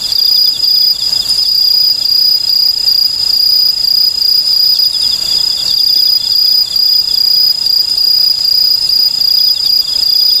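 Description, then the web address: Okame cricket song, a continuous high ringing trill with faint rapid chirping layered over it, steady throughout with little variation. "sikioto insect okamekourogi"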